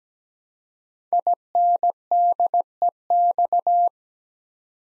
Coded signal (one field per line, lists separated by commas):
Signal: Morse code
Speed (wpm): 17 wpm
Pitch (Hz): 700 Hz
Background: none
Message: INDEX